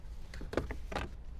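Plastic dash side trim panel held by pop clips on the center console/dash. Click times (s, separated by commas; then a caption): 0.3 s, 0.5 s, 0.6 s, 0.7 s. A plastic side trim panel beside the factory head unit on the dash of a 2024+ Toyota Land Cruiser, held on by pop clips, is pried free with a panel tool and pulled off. Its pop clips snap loose one after another in sharp clicks at 0.3, 0.5, 0.6 and 0.7 seconds. The panel comes off.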